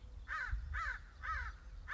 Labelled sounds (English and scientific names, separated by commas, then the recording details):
American Crow (Corvus brachyrhynchos)
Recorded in Sonoma County, California